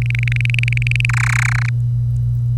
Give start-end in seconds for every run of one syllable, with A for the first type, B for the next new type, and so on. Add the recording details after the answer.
0.02-1.05 A, 1.09-1.69 B. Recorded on 25 April 2018 at 06:57. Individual llb3